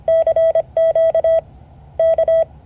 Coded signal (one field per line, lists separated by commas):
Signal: Morse code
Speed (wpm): 25 wpm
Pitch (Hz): 650 Hz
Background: none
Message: CQ K